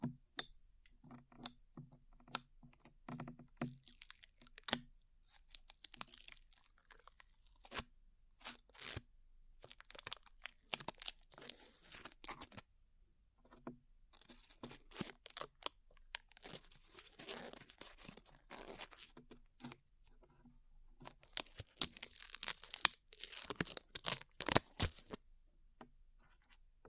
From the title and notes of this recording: ASMR Peeling Glue Off Your Ears (No Talking).